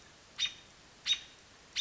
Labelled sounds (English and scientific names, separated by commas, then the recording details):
American Robin (Turdus migratorius)
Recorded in Sonoma County, California